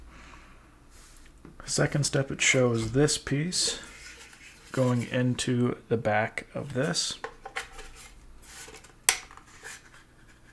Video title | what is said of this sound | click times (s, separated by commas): ANNAPRO CD1 Charging Dock for Meta Quest 3, 3s, & 2 - Unboxing, Assembly, Review | heard a little click there | 9.1 s